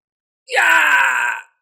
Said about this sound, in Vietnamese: Đột nhiên một tiếng kêu thảm thiết, thê lương phá vỡ sự yên lặng.